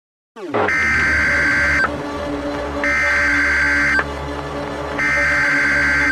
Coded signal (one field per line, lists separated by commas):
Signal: Emergency Alert System (SAME) tones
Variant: header bursts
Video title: COASTAL ERASING - HURRICANE CHAOS (P2) AN EAS SCENARIO